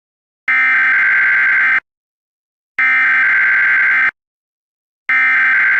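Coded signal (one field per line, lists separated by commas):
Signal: Emergency Alert System (SAME) tones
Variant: header bursts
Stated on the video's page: Fictional, simulated alert scenario.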